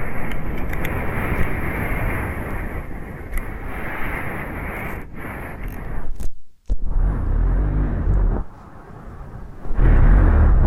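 Ear canal cleaning with dense, muffled scraping and rumbling, heavy in the low end and fairly steady for the first six seconds. A brief near-silent gap comes around six and a half seconds, then the rubbing returns, dips quieter, and swells loudest at the end.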